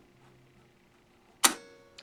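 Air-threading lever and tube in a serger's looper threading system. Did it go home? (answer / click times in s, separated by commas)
yes / 1.5 s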